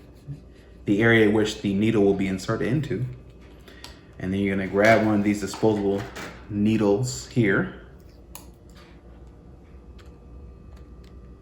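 Someone talks while picking up a disposable pen needle to fit onto an injector pen, with a few faint handling ticks around 3.7 s and 8.4 s in the pauses. The needle has not yet been pushed home, so nothing has seated or clicked yet.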